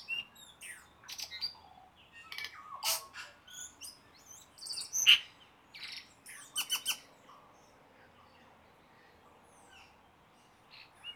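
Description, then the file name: Tui song: a varied mix of high whistles, sharp clicks and crackling bursts delivered in short irregular phrases, then quieter gaps with faint background hiss. Song, recorded in New Zealand. "Tui Birdsong New Zealand"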